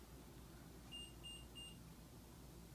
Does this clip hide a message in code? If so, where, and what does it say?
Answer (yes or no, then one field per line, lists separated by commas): no